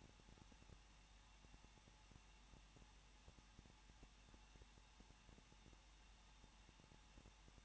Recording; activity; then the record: daily activity, microphone in the room; no activity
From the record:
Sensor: 1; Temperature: 20.1 degrees Celsius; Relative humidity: 39.1%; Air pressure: 1006.5 hPa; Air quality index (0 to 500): 216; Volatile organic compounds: 73 ppm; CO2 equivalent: 3542 ppm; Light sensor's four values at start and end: 1/2/1/1 and 1/2/1/1